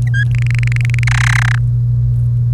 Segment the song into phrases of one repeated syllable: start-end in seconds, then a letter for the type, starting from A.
0.07-0.24 A, 0.31-1.04 B, 1.07-1.58 C